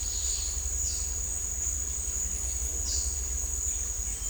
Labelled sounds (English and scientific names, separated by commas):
none